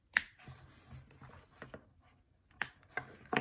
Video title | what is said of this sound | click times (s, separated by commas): Philips Respironics DreamWear Nasal Mask Overview & Cushion Replacement Tutorial: CPAP Therapy Tips | you'll hear two soft clicks and that's how you know your cushion was properly placed into your frame | 0.2 s, 2.6 s